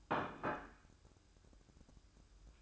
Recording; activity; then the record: daily activity, microphone in the room; place plate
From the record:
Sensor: 2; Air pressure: 1007.3 hPa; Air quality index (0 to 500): 44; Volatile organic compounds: 1 ppm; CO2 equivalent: 551 ppm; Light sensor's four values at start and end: 7/18/7/8 and 7/17/7/8